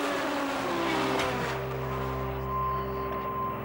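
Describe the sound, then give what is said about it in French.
A Formula 1 racing car engine roars loudly and steadily, its deep harmonic drone holding a constant pitch, with a brief rough surge early on before settling into a sustained hum. “Ils arrivent tous en Formule 1.”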